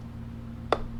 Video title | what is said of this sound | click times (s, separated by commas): 2017 Mini Cooper S, Oil and Filter change (second edition) | till it clicks | 0.7 s